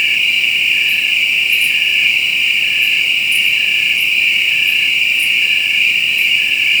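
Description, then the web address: Crickets trilling: a steady, unbroken high buzz with faint ticking pulses above it and a constant hiss underneath. Crickets in a jungle. "Spectrasonics - Heart of Africa 1 Partition H 06 JUNGLE FX CRICKETS"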